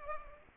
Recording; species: mosquito wingbeat signal from an infrared sensor; Culex pipiens